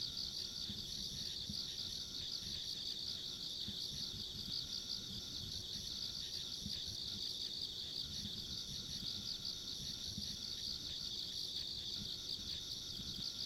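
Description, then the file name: Insects in an unbroken high-pitched chorus, rapid pulsed trills layered together, over a steady low rumble of background noise. Ambient insect sounds along a rural country road. "田舎道の虫の環境音"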